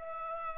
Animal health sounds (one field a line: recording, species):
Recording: mosquito wingbeat signal from an infrared sensor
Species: Culex pipiens